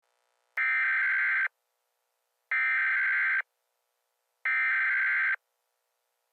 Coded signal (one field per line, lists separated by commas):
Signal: Emergency Alert System (SAME) tones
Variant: header bursts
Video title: EAS scenario: The Second American Civil War part 1: succession ￼(REMAKE)